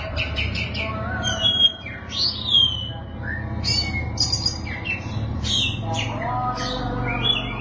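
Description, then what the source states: Oriental magpie-robin song of quick varied chirps and slurred whistles, some rising, over a noticeable low rumbling background. Chirping song (kicauan) of the bird.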